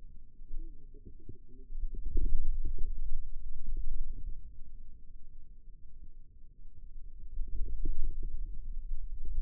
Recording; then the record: forearm muscle sounds (acoustic myography)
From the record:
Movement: radial deviation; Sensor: system 2, bracelet of six BSWA MPA416 microphones around the upper forearm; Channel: 3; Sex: female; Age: 22 years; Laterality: right